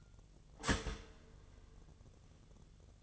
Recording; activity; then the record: daily activity, microphone in the room; start toaster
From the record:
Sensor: 4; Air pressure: 1001.0 hPa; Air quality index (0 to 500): 165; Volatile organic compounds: 2 ppm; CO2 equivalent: 1197 ppm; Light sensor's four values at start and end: 17/39/16/16 and 16/38/16/16